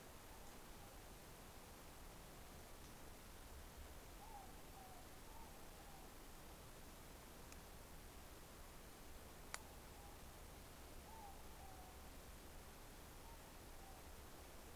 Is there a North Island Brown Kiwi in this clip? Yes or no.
no